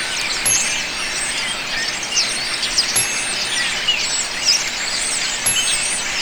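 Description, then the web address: Birds of a noisy flock, a dense wash of high chirps and squeaks overlapping without pause, with a few sharper notes standing out now and then. "telaak. Flockof Noisy Birdsnew"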